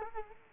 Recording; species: mosquito wingbeat signal from an infrared sensor; Culex quinquefasciatus